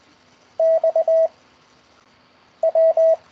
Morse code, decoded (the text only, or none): X W